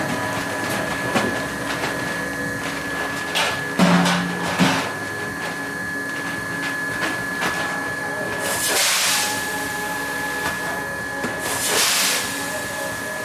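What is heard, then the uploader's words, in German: Clattering cranes and grinding mills fill a café, with a steady mechanical whir and a thin high tone running throughout. Sharp knocks and rattles come irregularly, clustered around four seconds, and two longer hissing bursts rise near nine and twelve seconds. Klappernden Kranen, mahlenden Mühlen und dem Ambiente des Cafés.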